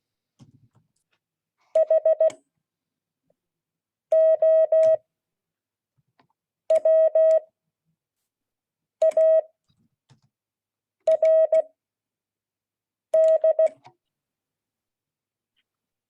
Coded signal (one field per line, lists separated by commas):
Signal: Morse code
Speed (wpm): 16 wpm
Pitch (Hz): 640 Hz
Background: none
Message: HOWARD